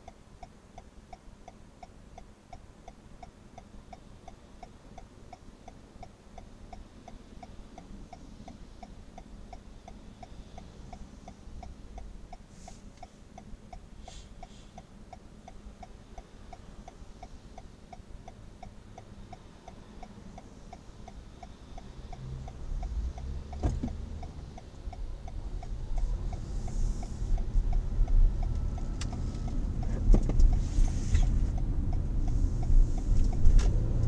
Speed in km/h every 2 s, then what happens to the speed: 0, 0, 0, 0, 0, 0, 0, 0, 0, 0, 0, 0, 7, 19, 25, 23, 33.
0-22 standing. 22-34 pulls away to 33.